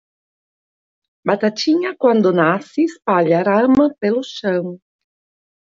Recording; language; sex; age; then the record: short text; Brazilian Portuguese; female; 50 to 59 years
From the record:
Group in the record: control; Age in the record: 53 years